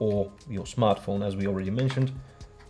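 A USB-C cable, already connected at one end to a Trezor Safe 5, is being handled as its other end is brought to a computer or smartphone port. Someone talks throughout. Nothing has seated or clicked yet.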